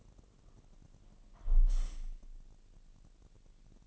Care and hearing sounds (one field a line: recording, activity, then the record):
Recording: daily activity, microphone in the room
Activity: close window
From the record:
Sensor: 4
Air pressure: 1000.8 hPa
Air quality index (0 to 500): 243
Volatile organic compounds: 41 ppm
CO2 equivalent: 3162 ppm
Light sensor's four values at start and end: 9/21/8/8 and 9/20/8/7